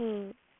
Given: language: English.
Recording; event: throat vibration sensor signal played as sound; speech